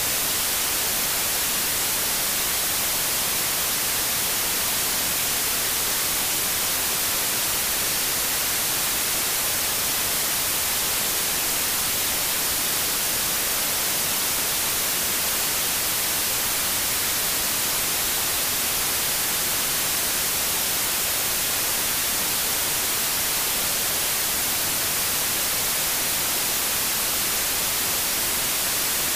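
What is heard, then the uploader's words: Steady white noise hisses without change for the whole stretch, bright and dense, leaning toward the high end with a thinner low rumble beneath. We produced White Noise in our own studio.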